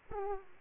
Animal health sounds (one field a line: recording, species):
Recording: mosquito wingbeat signal from an infrared sensor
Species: Aedes aegypti